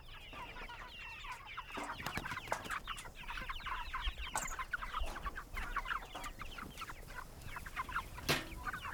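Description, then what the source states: Chickens: a flock giving dense, overlapping clucks and cackles throughout, with a few sharp clicks, one louder near the end. Chickens recorded at a goat farm.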